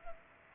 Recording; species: mosquito wingbeat signal from an infrared sensor; Culex pipiens